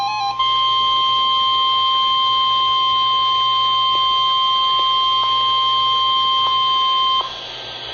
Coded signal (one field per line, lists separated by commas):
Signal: Emergency Alert System (SAME) tones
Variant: 1050 Hz attention tone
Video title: EAS Alert #49 - Severe Thunderstorm Warning #2 7/26/12